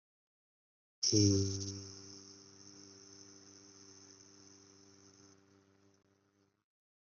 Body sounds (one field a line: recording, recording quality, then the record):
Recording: sustained vowel as in beet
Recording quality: excellent, no background noise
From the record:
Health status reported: COVID-19 positive, mild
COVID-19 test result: positive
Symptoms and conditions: sore throat, fever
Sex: male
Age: 23 years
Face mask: not worn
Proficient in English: yes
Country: India